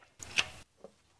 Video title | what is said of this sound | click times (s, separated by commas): Honda K-series Engine Rattle? FIXED! (VTC Actuator Replacement - 2014 Honda CRV) | Just like that. And now the cam gear is in the lock position. | 0.4 s